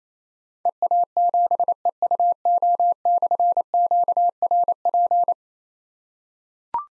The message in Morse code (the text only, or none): EA7EUO/QRP